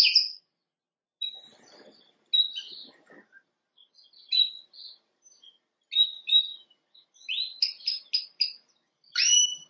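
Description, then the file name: Canary song in short scattered phrases: brief whistled notes and chirps with pauses between, building to quick repeated notes and a final longer whistle. "Canary Voice"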